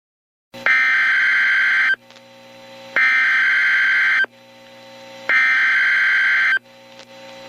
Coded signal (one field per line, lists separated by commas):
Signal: Emergency Alert System (SAME) tones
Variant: header bursts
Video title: An EF6 Tornado (An EAS Scenario)